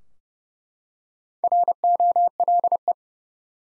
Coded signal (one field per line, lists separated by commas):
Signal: Morse code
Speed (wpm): 30 wpm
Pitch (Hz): 700 Hz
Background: none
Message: ROLE